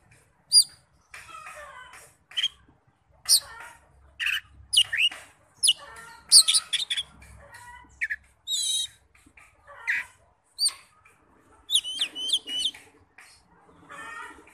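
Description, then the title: Oriental magpie-robin: songbird delivering harsh chattering notes, squeaks and short whistles mixed in an uneven sequence with small gaps. "Kacer"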